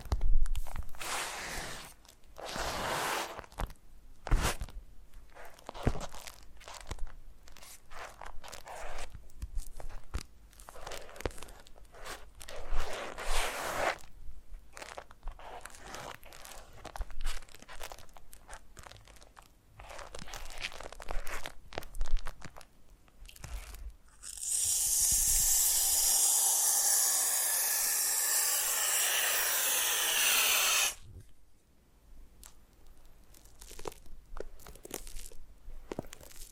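Foam is squeezed and rubbed in uneven bursts of soft crunching and crinkling, with brief quiet gaps between strokes. From about 24 to 31 seconds a loud, dense, bright hiss holds steady, then the scattered rubbing resumes.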